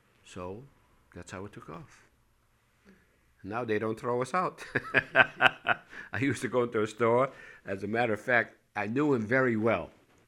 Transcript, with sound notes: So that's how it took off. Now they don't throw us out. ( he laughs ) I used to go into a store. As a matter of fact, I knew him very well.